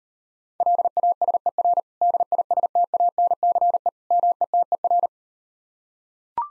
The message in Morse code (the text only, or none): LASER DISTANCE METER